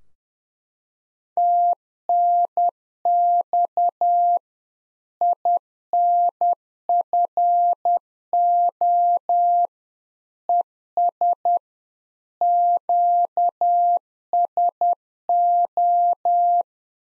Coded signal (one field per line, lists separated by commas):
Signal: Morse code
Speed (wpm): 10 wpm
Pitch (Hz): 700 Hz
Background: none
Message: TNX INFO ES QSO